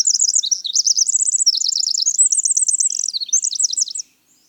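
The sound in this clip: Winter wren song, a sustained, very high outpouring of rapid trills and warbles lasting about four seconds, then silence.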